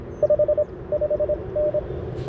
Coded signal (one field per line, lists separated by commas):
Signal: Morse code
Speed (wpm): 24 wpm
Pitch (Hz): 590 Hz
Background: none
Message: 5 5N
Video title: CW POTA with the CFT-1 QRP radio, WRC antenna, and Begali Expedition key